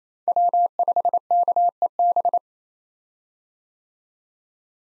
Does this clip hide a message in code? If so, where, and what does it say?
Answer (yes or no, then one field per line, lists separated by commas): yes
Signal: Morse code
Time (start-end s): 0.3-2.4 s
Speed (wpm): 28 wpm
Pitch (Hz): 700 Hz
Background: none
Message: W5KEB